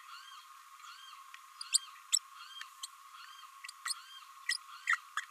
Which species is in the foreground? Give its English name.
Green-rumped Parrotlet